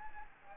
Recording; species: mosquito wingbeat signal from an infrared sensor; Anopheles gambiae